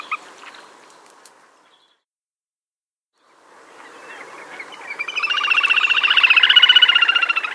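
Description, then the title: Little grebe trilling call: after a quiet pause, a fast, pulsed whinnying trill swells up and grows steadily louder. "Tuffetto"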